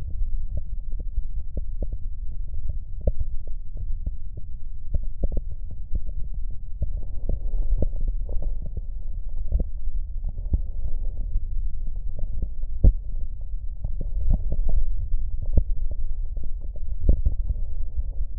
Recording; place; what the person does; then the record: lung sounds by stethoscope; right posterior basal chest; quiet breathing, then deep breathing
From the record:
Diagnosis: COPD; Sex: male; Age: 78 years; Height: 162 cm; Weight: 66.4 kg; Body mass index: 25.3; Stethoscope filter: extended mode